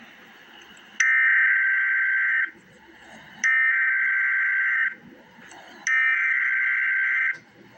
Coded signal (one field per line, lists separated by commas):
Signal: Emergency Alert System (SAME) tones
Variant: header bursts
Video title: Emergency Alert System - Winter Weather Advisory - Feb 5, 2025 at 2:46 AM EST